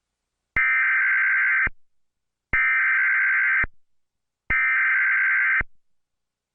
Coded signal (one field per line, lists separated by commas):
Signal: Emergency Alert System (SAME) tones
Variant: header bursts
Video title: Tornado Warning EAS - Tornado Warning for Daviess, Greene, and Martin County in Indiana.